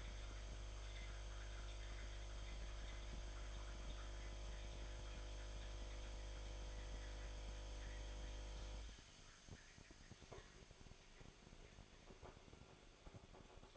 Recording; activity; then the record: daily activity, microphone in the room; make coffee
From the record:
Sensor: 5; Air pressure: 1014.8 hPa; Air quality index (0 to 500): 201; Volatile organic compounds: 9 ppm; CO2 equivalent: 2141 ppm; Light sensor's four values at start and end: 17/39/15/14 and 17/39/15/14